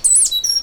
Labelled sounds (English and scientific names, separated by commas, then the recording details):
Stitchbird (Notiomystis cincta) song
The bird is a male
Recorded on Tiritiri Matangi Island, New Zealand, in 2005
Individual 8, of nest box 10